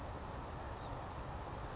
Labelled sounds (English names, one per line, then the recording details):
Oak Titmouse
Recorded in Sonoma County, California